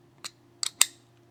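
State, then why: Not seated. A Festool Centrotec centering-sleeve screwdriver bit is pushed into a Bahco quick-release bit holder several times, giving three short, bright metallic ticks of handling noise, the last two louder. Nothing has seated or clicked into place, and the bit does not lock into the holder.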